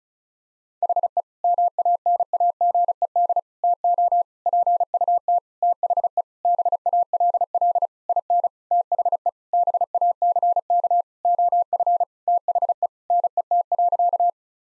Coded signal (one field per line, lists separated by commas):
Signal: Morse code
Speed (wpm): 36 wpm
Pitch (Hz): 700 Hz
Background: none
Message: HE MANAGED TO PUT THE BALL IN THE BACK OF THE NET.